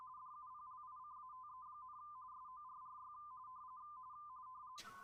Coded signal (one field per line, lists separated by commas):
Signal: RTTY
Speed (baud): 45.45 baud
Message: DUPLICATE, SORRY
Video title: M0KNM - CQ WW RTTY Contest 2025 PT2 28/09/25